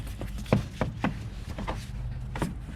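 A plastic coolant reservoir is handled as it is pushed back toward its mounting in the engine bay of a wrecked Mini Cooper Countryman S ALL4. Short, sharp plastic knocks and rattles sound at about 0.5, 0.8, 1.0 and 2.4 seconds over a low background hum. Nothing has seated or clicked into the mount yet.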